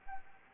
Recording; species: mosquito wingbeat signal from an infrared sensor; Anopheles gambiae